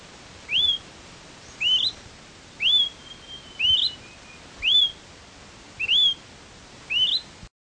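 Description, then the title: Smoke-colored Pewee giving short upslurred whistles, each note rising then bending, steadily repeated roughly every second, with faint background hiss. Subspecies zarumae. "LuckyPassaro Completos2Sama. Smoke-colored Pewee (Contopus fumigatus zarumae)"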